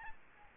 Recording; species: mosquito wingbeat signal from an infrared sensor; Aedes albopictus